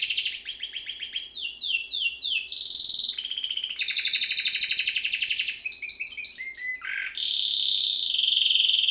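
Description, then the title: Domestic canary song of rapid descending trill series, buzzy rattles and sustained rolling phrases, with a dipping whistled note near the end. Male Belgian canary singing a lot; used for canary training to warm up a young bird. "Esquente Seu Filhote E Canario Belga Macho Cantando Muito"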